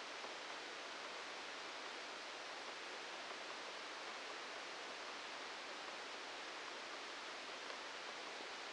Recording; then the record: brain microelectrode recording played as sound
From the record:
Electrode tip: outside the subthalamic nucleus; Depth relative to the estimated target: -6 mm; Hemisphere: left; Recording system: NeuroSet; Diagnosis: Parkinson's disease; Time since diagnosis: 10 years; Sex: male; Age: 56 years